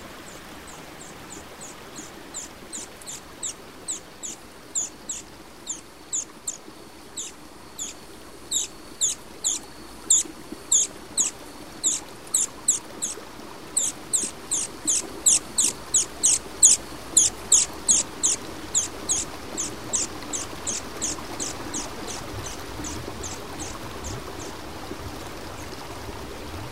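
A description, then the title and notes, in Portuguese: Up in a tree canopy, a rapid, regular train of high, sharp chirps or clicks repeats through most of the recording, swelling louder toward the middle and fading near the end. Beneath it sits a steady low rustling hiss. Uma confortável cabana em cima de uma bela e ancestral árvore na Serra da Bocaina (SP). A paisagem sonora que se escuta na copa de uma árvore.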